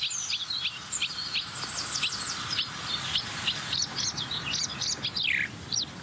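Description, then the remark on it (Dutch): A marsh warbler sings a skylark-like passage: a continuous run of rapid, high, twittering chirps and trills, varied and fairly loud, over a low steady background rumble. “En daarna hoor je, als het goed is, hoor je de veldleeuwerik.”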